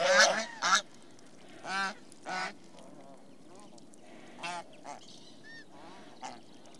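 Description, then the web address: Swan calls, loud nasal honks in quick succession at first, then spaced single honks with a few fainter bugling notes between. "The BBC Sound Effects Library. Swan"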